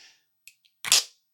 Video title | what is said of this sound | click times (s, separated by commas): Bvlgari - Tygar. A ROARING SUCCESS? | It is magnetic. That's fantastic. Clicks into place just there. | 0.9 s